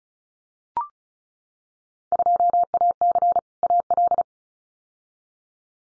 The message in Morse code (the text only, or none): 2AC AL